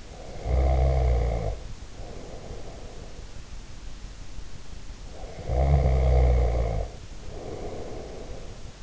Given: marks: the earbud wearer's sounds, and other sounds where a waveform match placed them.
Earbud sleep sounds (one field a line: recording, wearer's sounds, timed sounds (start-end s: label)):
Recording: sounds in sleep by an in-ear microphone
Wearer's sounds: snoring breath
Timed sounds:
0.09-3.26 s: snoring breath
5.08-8.83 s: snoring breath